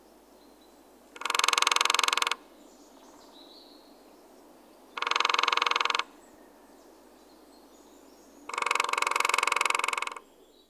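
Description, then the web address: Lesser spotted woodpecker drumming in three rapid, even rolls separated by pauses, over a quiet background. "epeichette"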